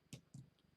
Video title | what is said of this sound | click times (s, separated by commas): Thrifty Thursdays - Fire Dragon - Set #31102 (May 13, 2021) | until it snaps yeah | 0.1 s